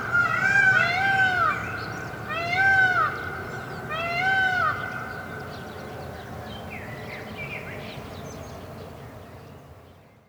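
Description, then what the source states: Peafowl calls: three loud, wailing, meow-like cries in the first five seconds, each arched and rich in harmonics, then a few softer, shorter cries over a steady low rumble. Peacocks calling in a bird park.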